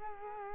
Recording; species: mosquito wingbeat signal from an infrared sensor; Culex quinquefasciatus